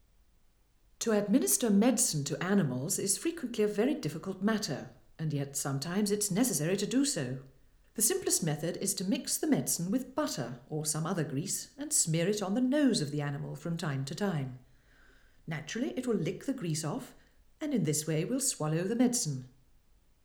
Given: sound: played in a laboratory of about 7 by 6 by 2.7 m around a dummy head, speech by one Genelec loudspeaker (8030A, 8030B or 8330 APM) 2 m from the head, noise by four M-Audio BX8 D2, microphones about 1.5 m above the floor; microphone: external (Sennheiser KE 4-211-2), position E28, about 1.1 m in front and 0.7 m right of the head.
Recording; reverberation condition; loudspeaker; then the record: female speech in English; medium; 30 degrees to the right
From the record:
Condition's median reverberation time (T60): about 510 ms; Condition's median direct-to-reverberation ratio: about -0.5 dB